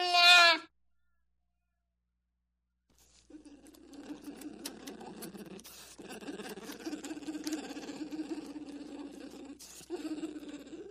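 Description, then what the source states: American black bear cub gives a brief cry, then after a silence settles into a long, rough, pulsing purr that continues to the end. Cub moaning and purring.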